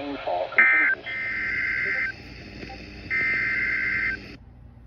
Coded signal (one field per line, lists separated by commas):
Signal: Emergency Alert System (SAME) tones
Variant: header bursts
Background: speech